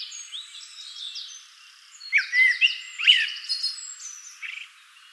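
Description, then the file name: Common blackbird producing a short phrase of mellow whistles and thin twittered notes against soft background bird calls. "Turdus merula"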